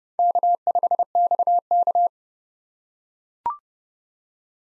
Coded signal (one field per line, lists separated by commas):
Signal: Morse code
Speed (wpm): 30 wpm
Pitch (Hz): 700 Hz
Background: none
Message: K5XK